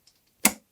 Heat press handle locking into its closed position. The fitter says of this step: but guess what you're going to do it so go ahead and grab the handle i like it and lock it all the way down till you feel it click